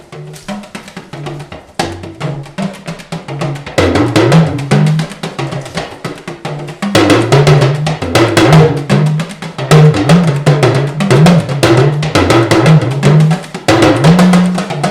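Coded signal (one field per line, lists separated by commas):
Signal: talking drum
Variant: Yoruba dùndún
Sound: rapid talking drum strokes with gliding low pitches, rhythmic and speech-like phrasing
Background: other percussion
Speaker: So now, during that, you said more than the will. You put some small stuff inside. What did you say inside that? Àwọn báyẹ̀wò, àwọn àyànfẹ́ mi, àwọn lọ́lọ́ fún ẹnìkan tọrọ Ọlọ́run ò fún àwọn lọ́lọ́ fún ọmọ báyẹ̀wò. That I mention your name and I mention my name.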